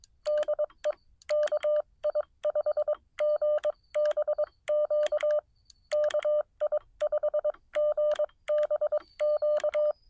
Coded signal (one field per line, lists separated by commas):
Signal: Morse code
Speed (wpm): 21 wpm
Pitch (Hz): 600 Hz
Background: none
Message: DE KI5GBQ KI5GBQ